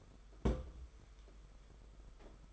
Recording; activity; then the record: daily activity, microphone in the room; place on stove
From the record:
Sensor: 5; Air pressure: 991.3 hPa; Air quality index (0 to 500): 91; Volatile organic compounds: 11 ppm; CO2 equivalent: 2296 ppm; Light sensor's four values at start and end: 32/103/39/42 and 33/103/40/42